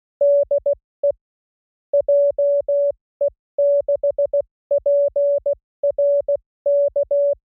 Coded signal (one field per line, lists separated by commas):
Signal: Morse code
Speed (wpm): 16 wpm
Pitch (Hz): 570 Hz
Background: music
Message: DE JE6PRK